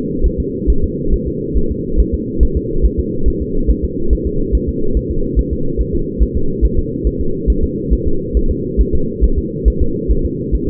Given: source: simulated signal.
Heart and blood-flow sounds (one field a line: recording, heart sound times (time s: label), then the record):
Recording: fetal heart sounds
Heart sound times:
0.26 s: S1
0.40 s: S2
0.70 s: S1
0.84 s: S2
1.14 s: S1
1.28 s: S2
1.57 s: S1
1.72 s: S2
2.00 s: S1
2.14 s: S2
2.43 s: S1
2.57 s: S2
2.86 s: S1
3.00 s: S2
3.28 s: S1
3.42 s: S2
3.70 s: S1
3.85 s: S2
4.13 s: S1
4.27 s: S2
4.55 s: S1
4.69 s: S2
4.97 s: S1
5.11 s: S2
5.39 s: S1
5.53 s: S2
5.81 s: S1
5.95 s: S2
6.23 s: S1
6.37 s: S2
6.65 s: S1
6.79 s: S2
7.07 s: S1
7.21 s: S2
7.50 s: S1
7.64 s: S2
7.93 s: S1
8.08 s: S2
8.37 s: S1
8.51 s: S2
8.81 s: S1
8.95 s: S2
9.24 s: S1
9.39 s: S2
9.68 s: S1
9.82 s: S2
10.11 s: S1
10.26 s: S2
10.55 s: S1
10.69 s: S2
From the record:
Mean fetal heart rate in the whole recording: 140 bpm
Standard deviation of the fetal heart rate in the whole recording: 2 bpm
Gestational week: 34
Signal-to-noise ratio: -8.1 dB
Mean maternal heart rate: 72 bpm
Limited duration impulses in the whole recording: absent